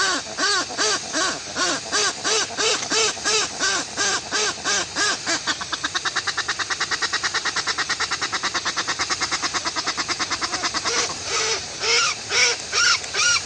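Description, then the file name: Westland petrel song calls: loud braying arched notes in quick succession, breaking into a fast rattling chatter midway, then braying again, with constant background hiss. "westland black petrel song"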